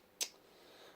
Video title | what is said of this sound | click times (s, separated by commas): Building My 3018 Pro CNC | It just goes in. Clicks into place. | 0.2 s